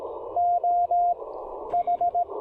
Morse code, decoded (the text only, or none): O H